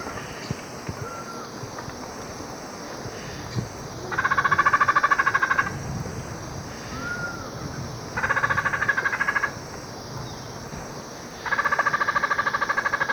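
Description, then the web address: Dusky Spinetail calling in rapid, buzzy chattering bursts, each about a second and a half long, repeated three times a few seconds apart, with faint thin whistles between. Recorded in Ecuador. "Birds of Ecuador. Dusky Spinetail"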